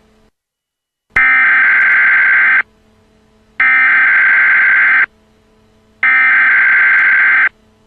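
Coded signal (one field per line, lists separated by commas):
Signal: Emergency Alert System (SAME) tones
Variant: header bursts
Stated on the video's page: Mock EAS Tornado Watch; none of the audio is real, with a text-to-speech message.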